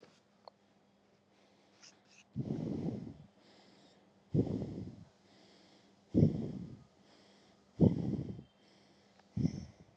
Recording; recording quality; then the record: shallow breathing; excellent, no background noise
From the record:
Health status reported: COVID-19 positive, mild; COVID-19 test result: positive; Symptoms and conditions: fatigue, muscle pain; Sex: female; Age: 25 years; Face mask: not worn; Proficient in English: yes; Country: India